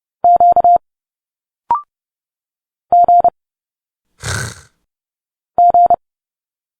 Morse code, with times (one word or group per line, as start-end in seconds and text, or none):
0.2-0.8 Q
2.9-3.3 G
5.6-5.9 G